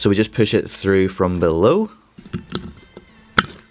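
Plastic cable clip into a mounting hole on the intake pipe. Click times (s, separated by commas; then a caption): 3.4 s. Someone talks, then a plastic Christmas-tree style cable clip, taken from the old intake pipes, is pushed up from below through a mounting hole on a new Mishimoto performance air intake pipe for a Focus RS custom induction kit. A few small taps and clicks come at about 2.3, 2.6 and 3.0 seconds. The loudest sharp click at 3.4 seconds is the clip seating home.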